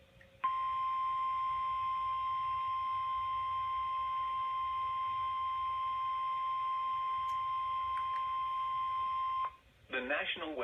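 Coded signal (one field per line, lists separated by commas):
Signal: Emergency Alert System (SAME) tones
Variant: 1050 Hz attention tone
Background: speech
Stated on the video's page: EAS alerts, some received on a handheld receiver.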